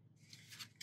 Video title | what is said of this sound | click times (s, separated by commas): The Frizcol Korbot 9 inch Portable Fan gets a review from BigRigSteve | I think this is awesome and that snaps right in | 0.8 s